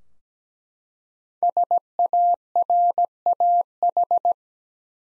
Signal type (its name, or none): Morse code